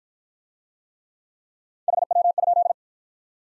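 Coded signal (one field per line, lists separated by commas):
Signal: Morse code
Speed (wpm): 49 wpm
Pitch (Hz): 700 Hz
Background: none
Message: HW?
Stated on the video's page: Speed-Racing Morse practice of common QSO elements, starting at 35 wpm and slowing incrementally to a base speed; final repeat sent once at maximum speed.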